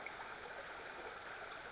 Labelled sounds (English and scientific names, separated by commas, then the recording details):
Western Flycatcher (Empidonax difficilis)
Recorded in Sonoma County, California